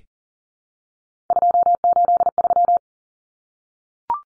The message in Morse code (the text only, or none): 283